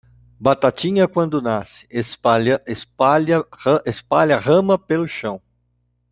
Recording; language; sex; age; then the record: short text; Brazilian Portuguese; male; 60 to 69 years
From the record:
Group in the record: control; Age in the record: 65 years